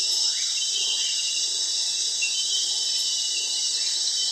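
Crickets trilling together in a constant piercing high-pitched buzz, even and unchanging, with faint soft notes in the background.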